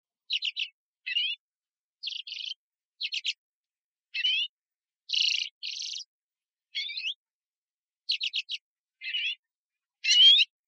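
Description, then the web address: Common redpoll calls: short dry notes in tight bursts of two to four, mixed with rising notes, about a dozen groups against a quiet background. "benihiwa"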